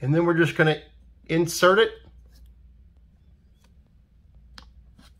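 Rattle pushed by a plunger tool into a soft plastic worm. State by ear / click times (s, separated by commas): seated / 4.6 s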